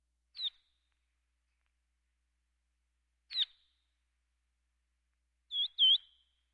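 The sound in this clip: Verdin calls: four sharp high chips, two single notes several seconds apart, then a quick double note, with silence between.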